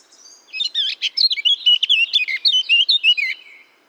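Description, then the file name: Eurasian blackcap song, a brisk tumbling warble of clear, looping whistled notes that runs nearly three seconds before stopping. "Sylvia atricapilla"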